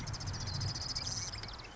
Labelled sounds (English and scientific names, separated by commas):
Marsh Wren (Cistothorus palustris)